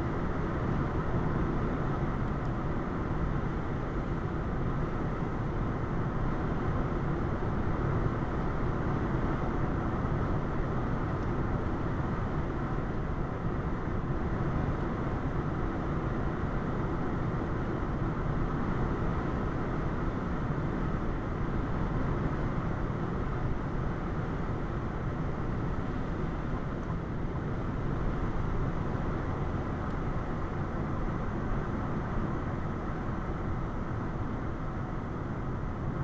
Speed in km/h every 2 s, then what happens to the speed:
95, 95, 95, 95, 95, 95, 95, 95, 95, 95, 95, 95, 93, 90, 89, 85, 82, 81.
0-23 steady at about 95. 23-36 slows to 81.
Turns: none.